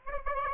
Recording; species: mosquito wingbeat signal from an infrared sensor; Aedes aegypti